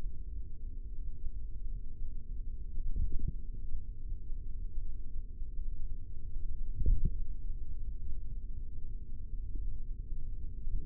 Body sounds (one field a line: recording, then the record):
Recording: forearm muscle sounds (acoustic myography)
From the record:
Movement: tripod grip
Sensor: system 3, bracelet of six PUI Audio POM-2738L microphones around the upper forearm, with dedicated amplification and filtering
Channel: 4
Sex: male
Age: 43 years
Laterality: right